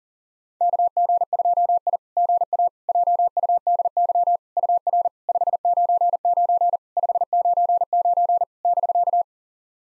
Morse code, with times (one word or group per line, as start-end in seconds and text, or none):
0.6-2.0 KG2I
2.2-2.7 GA
2.9-4.4 JUDY
4.6-5.1 UR
5.3-6.8 599
7.0-8.4 599
8.7-9.2 <BK>